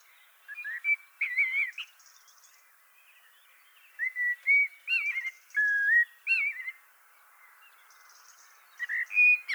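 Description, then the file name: Common blackbird song: several fluted whistled phrases with twittering endings, spaced throughout, with faint higher chirps from other birds between them. "Turdus merula"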